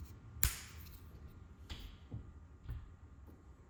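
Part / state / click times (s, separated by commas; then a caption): 3D printed plastic lock on a storage tub lid / seated / 0.4 s. A 3D-printed plastic lock on a storage tub lid is slid up and across into position, and a sharp, small snap-fit click sounds at 0.4 s. A few quieter ticks and handling sounds follow. The lock is seated, held in place by the click.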